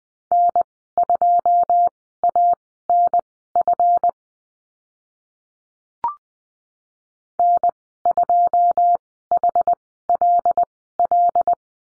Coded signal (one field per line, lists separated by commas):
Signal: Morse code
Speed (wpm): 20 wpm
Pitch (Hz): 700 Hz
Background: none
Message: N2ANF N2HLL